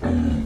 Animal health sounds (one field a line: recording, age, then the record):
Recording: pig call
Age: growing-finishing pig (85 days or more)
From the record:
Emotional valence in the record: negative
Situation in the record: barren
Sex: female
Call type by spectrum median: low-frequency call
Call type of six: low-frequency modulated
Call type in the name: low-frequency stable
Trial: 1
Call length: 0.46 s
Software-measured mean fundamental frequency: 42 Hz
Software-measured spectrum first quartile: 109 Hz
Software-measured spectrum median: 217 Hz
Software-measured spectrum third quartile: 331 Hz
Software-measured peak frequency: 244 Hz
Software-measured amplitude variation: 154 dB a second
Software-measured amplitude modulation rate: 28.3 a second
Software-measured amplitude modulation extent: 5.4 dB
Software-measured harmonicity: -0.8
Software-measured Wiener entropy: -1.00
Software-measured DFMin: 685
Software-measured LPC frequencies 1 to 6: 1687, 2867, 3907, 5376, 6214, 7308 Hz